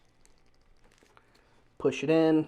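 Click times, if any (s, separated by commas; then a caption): none. A plastic Marvel Legends action figure leg is lined up with the torso hip joint under the front cloth piece, ready to be pushed in. Faint plastic ticks and handling sounds come at about 0.3, 0.4, 0.9, 1.0, 1.2 and 1.4 s, then someone talks from about 1.8 s. The leg has not seated or clicked into place yet.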